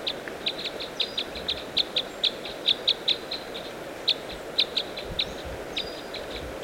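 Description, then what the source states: Red crossbill flight calls: a rapid, irregular series of short, sharp kip notes, often in quick pairs or clusters, over a steady low background hiss. Red crossbill of call type S, giving flight calls.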